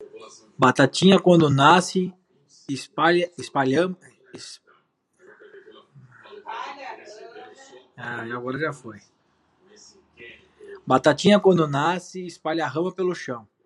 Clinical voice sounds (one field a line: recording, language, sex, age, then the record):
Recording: short text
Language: Brazilian Portuguese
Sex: male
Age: 40 to 49 years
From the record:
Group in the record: control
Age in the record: 40 years